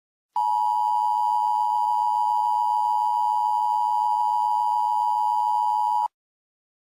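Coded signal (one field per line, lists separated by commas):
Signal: Emergency Alert System (SAME) tones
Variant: 853 and 960 Hz attention tone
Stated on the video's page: Fictional EAS scenario.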